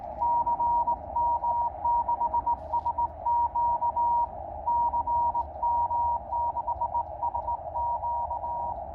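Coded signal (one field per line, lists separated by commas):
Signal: Morse code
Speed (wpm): 19 wpm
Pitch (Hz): 950 Hz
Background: none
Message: CM6SQ CM6SQ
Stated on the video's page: Parks on the Air QRP activation of a park in Illinois, fast-paced, sent with a KX2 and KXPD3 paddles used as a cootie, into a 9:1 vertical.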